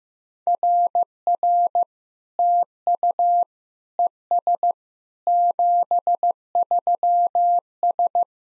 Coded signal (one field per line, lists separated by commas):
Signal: Morse code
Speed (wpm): 16 wpm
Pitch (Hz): 700 Hz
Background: none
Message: RR TU ES 73S